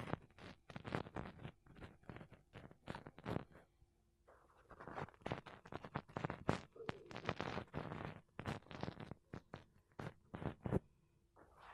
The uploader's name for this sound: Mic Brushing Using Makeup Brushes and Sponge